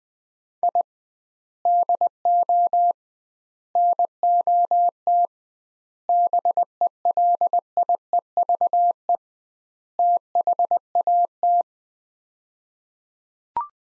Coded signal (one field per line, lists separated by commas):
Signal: Morse code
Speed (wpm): 20 wpm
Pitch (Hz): 700 Hz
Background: none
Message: I DO NOT BELIEVE THAT